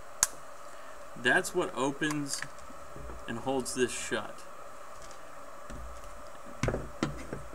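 The slide lever latch on a CYMA 1911 airsoft electric pistol, the part that opens and holds the slide shut, is worked by hand and gives one sharp click at 0.2 s, confirming it has latched, though it is not clear whether it locked shut or opened. Someone talks afterward, and a few fainter sharp taps follow near the end.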